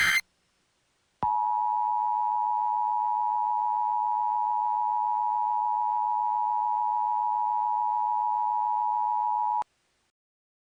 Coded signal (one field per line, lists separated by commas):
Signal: Emergency Alert System (SAME) tones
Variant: 853 and 960 Hz attention tone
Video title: EAS Scenario - The Devil In The Earth